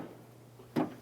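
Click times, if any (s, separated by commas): none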